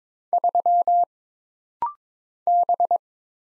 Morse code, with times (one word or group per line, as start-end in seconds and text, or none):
0.3-1.0 3
2.5-3.0 B